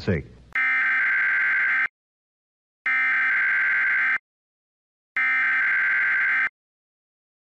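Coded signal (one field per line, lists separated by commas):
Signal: Emergency Alert System (SAME) tones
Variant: header bursts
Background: speech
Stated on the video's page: Fabricated vintage test-card recreation looping EBS attention signal and EAS SAME tones.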